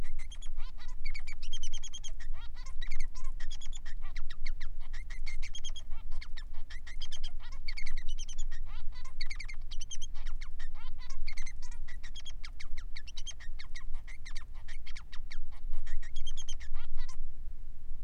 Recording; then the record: song of a male Bengalese finch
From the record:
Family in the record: son of father 3